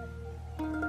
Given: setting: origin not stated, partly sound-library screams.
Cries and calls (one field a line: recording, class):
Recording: one-second piece from a danger detection set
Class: normal situation